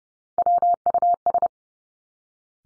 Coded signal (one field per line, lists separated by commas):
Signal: Morse code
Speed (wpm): 30 wpm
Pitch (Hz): 700 Hz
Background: none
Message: WUS